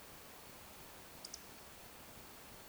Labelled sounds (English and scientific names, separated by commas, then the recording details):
Eurasian Woodcock (Scolopax rusticola) whistle
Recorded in Baden-Württemberg, Germany, on 17 June 2021 at 20:19 UTC
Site 52006, 794 m above sea level